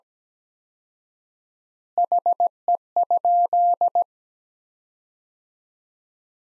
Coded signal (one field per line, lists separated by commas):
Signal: Morse code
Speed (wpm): 17 wpm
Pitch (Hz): 700 Hz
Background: none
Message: HE?